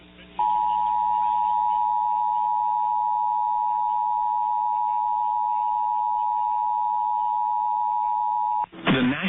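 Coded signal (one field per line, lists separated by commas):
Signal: Emergency Alert System (SAME) tones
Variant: 853 and 960 Hz attention tone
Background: speech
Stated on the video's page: EAS tones from NOAA Weather Radio alerts for tornadoes and AMBER Alerts.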